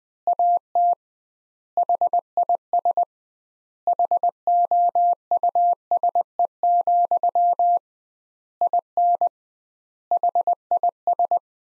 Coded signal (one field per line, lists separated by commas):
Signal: Morse code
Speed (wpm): 20 wpm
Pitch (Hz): 700 Hz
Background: none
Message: AT HIS HOUSE, IN HIS